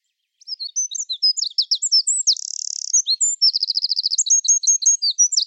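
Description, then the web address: Bird singing a quick jumble of high chirps and slurred notes, broken by a short buzzy trill, then a fast rattle and more sharp chirps. "Deverinetal 2025 File origin Bird Only"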